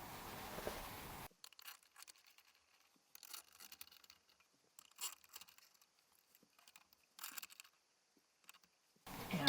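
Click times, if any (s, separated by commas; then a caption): none. Mounting bolts are driven into the ceiling clamp ring that holds a rooftop RV air conditioner unit, but they will not thread in and end up cross-threaded because the clamp ring is not square with the sealing gasket. Between loud bursts of broadband noise at the start and end, there are scattered scraping and rasping sounds with sharp ticks. No bolt has seated or clicked into place yet.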